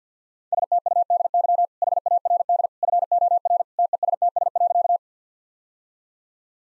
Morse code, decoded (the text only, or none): STUDY HARD FOR TESTS.